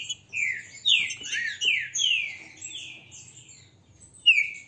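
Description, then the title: Green-winged saltator song: loud, slurred whistled phrases sliding downward, delivered in a quick run, pausing, then one final bright note. Song; the bird is described as singing strongly. "Canto De Trinca Ferro. ESSE CANTA FORTE, Trinca ferro"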